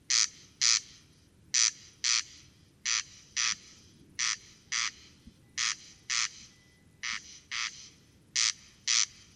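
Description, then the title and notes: Corn crake rasping song: paired dry crex-crex notes, the pairs repeated at a steady rate throughout over a quiet background. Singing corn crake near a peat bog, Col Bayard, Hautes-Alpes, 12 July 2018, evening; sang continuously from 11 pm until dawn; recorded with Nagra Seven and Telinga Pro7. "Col Bayard - Hautes Alpes. Râle des genêts"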